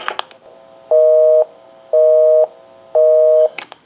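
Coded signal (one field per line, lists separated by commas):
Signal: telephone call progress tone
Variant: North America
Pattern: busy tone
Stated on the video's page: A Western Electric 500 rotary key system telephone during checkout and repair, being converted to regular line use.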